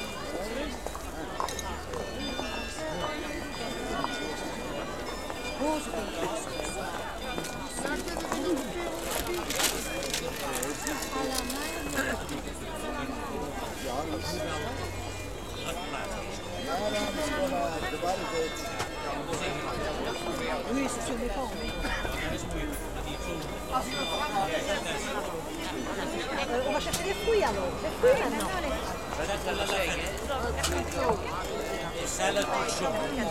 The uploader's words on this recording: Holland – Market – Busy Market with Carillon (Maastricht).